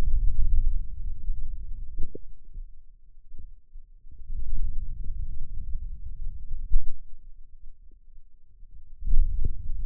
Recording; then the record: forearm muscle sounds (acoustic myography)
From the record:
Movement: wrist extension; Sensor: system 2, bracelet of six BSWA MPA416 microphones around the upper forearm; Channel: 2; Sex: male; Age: 22 years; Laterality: right